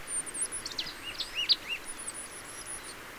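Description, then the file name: Marsh tit calls, a busy run of high chirps and short sweeping notes with very high thin whistles above, over a steady background hiss. "Poecile palustris"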